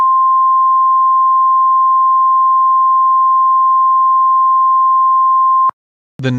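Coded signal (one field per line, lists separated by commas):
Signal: Emergency Alert System (SAME) tones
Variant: 1050 Hz attention tone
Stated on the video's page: Fictional EAS scenario.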